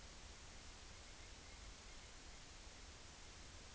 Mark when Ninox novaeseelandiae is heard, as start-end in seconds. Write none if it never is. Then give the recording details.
none. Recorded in New Zealand on 30 April 2013. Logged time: 02:19. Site Ponui